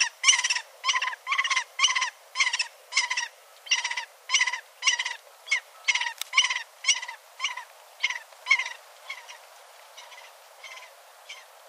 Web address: sound Lanner-falcon. صدای-پرنده-لاچين